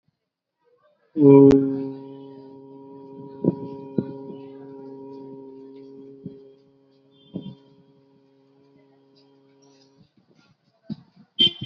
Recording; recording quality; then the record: sustained vowel as in boot; excellent, no background noise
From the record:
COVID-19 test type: RT-PCR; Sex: male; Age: 18 years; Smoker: no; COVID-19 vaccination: both doses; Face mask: worn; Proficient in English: yes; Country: India